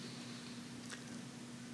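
An electronics module inside iVUE video glasses being repaired for no power is handled as it is pushed toward the position where it seats against and connects to another module at the back. A steady low hum and faint hiss run throughout, with a brief soft rustle near 0.9 s. Nothing has seated or clicked yet.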